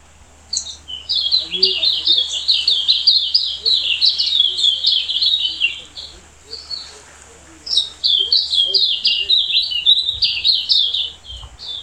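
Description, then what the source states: Silvereye giving long bursts of rapid high twittering and warbling, broken by a short quiet gap before resuming. Subspecies vegetus.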